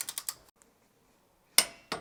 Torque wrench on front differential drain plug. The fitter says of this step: there we go properly torqued